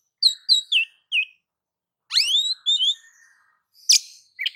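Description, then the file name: Oriental magpie-robin giving a few quick whistled notes, then a long rising sweep and warbled phrase, followed by a harsh rasp. "Suara-Kacer-Versi-7"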